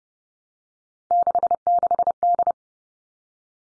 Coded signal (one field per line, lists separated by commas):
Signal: Morse code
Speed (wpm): 32 wpm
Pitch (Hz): 700 Hz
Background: none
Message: 66D